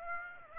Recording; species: mosquito wingbeat signal from an infrared sensor; Aedes aegypti